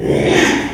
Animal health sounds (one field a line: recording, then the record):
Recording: squeal of a Yucatan mini pig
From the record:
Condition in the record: after surgery on the right vocal fold (resection and tissue-engineered implant)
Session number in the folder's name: 3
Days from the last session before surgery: 33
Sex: male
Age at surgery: 12 weeks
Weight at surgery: 13 kg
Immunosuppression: cyclosporine, prednisolone